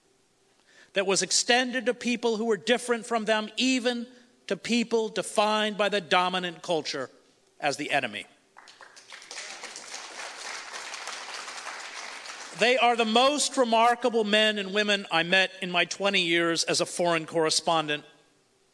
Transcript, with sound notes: that was extended to people who were different from them, even to people defined by the dominant culture as the enemy.
[audience applause]
They are the most remarkable men and women I met in my 20 years as a foreign correspondent.